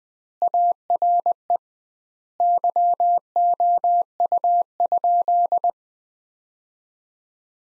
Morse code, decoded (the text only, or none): ARE YOU?